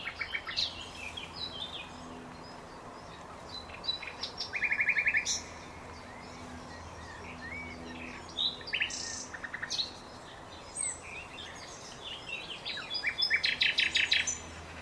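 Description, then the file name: Common nightingale song in separate bursts, fast rattling note series and sharp chirps, loudest near the end, with other faint chirps and a low steady hum underneath. "Luscinia megarhynchos"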